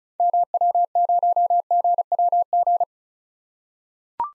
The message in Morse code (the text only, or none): MW0GWG